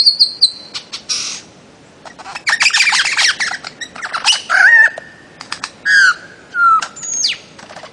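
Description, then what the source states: Bird-of-paradise song with rapid scratchy chirps, then loud drawn-out whistled notes that slide downward, separated by short pauses. Master song for training songbirds.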